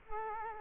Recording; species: mosquito wingbeat signal from an infrared sensor; Culex quinquefasciatus